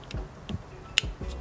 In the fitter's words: Should be able to hear an audible click,